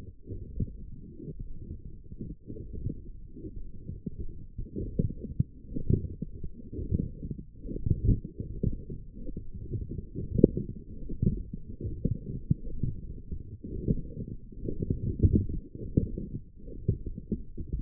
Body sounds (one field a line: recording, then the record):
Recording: forearm muscle sounds (acoustic myography)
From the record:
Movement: forearm pronation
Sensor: system 1, eight BSWA MPA416 microphones around the upper forearm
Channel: 7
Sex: female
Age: 22 years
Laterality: right